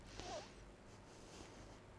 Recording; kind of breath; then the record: one breath in and out by a microphone near the nose and mouth; normal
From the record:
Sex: female